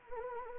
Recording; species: mosquito wingbeat signal from an infrared sensor; Anopheles arabiensis